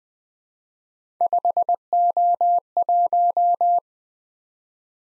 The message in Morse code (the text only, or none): 5O1